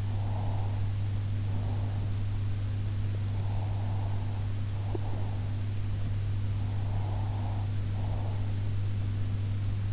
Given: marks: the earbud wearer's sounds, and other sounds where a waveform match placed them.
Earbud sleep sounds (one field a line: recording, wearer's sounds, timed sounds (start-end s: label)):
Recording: sounds in sleep by an in-ear microphone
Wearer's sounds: breath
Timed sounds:
0.00-2.20 s: breath
3.29-5.54 s: breath
6.68-8.57 s: breath